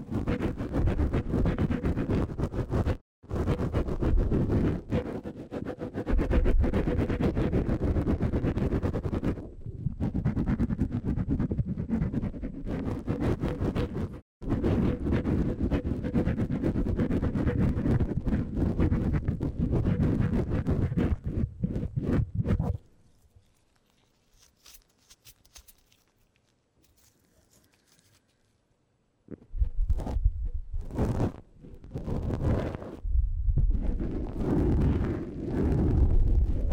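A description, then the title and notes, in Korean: A tip brush sweeps across a microphone in quick, scratchy strokes, producing a dense rustling hiss with a heavy low rumble. The brushing runs steadily with brief pauses near 3, 10 and 14 seconds, falls almost silent from about 23 to 29 seconds, then resumes. 마이크를 팁브러시로 슥슥 ASMR (feat. 라텍스장갑, no talking).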